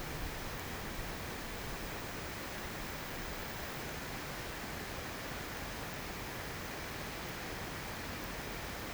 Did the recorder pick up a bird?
no